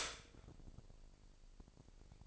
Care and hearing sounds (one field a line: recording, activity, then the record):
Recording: daily activity, microphone in the room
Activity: stop toaster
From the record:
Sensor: 5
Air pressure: 1007.2 hPa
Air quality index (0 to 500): 119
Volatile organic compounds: 1 ppm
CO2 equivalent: 912 ppm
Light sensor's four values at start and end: 27/63/26/27 and 27/63/26/27